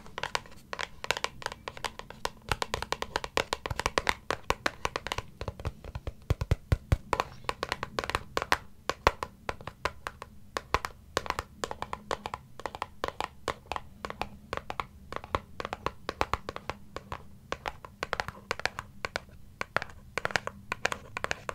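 Rapid, irregular tapping fills the clip with dense clusters of sharp clicks over a steady low hum, occasionally softening before picking up again.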